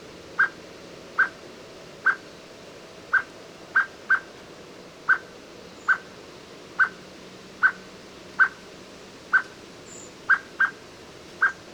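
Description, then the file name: Eurasian blackbird calling with clipped single notes in a regular series, about one per second, sometimes doubled, against faint constant background noise. "Turdus merula"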